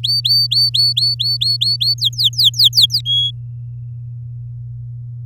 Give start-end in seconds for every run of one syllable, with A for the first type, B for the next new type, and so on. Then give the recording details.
0.03-1.94 A, 1.98-3.01 B, 3.05-3.31 C. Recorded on 10 May 2018 at 16:23. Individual llb16